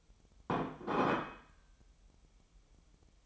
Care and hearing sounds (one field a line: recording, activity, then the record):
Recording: daily activity, microphone in the room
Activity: place plate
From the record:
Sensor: 1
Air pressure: 988.6 hPa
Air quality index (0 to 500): 197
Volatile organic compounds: 934 ppm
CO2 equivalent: 5232 ppm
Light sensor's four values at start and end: 25/93/35/36 and 25/93/35/36